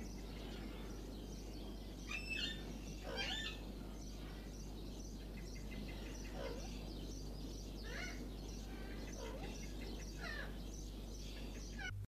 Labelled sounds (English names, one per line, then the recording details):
Alexandrine Parakeet call
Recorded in captivity
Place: Loro Parque Tenerife, Provinz Santa Cruz de Tenerife, ES
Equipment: Halbspur, 9,5 cm/s
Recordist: Lütgens, Hans